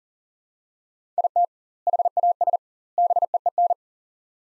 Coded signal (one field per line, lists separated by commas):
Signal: Morse code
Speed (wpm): 37 wpm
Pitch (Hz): 700 Hz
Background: none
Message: IT HAS BEEN